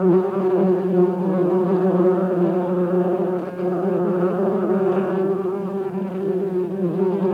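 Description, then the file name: Honey bee buzz, a continuous low drone with rich overtones, pitch wobbling gently, with a brief dip midway. "Bienen summen"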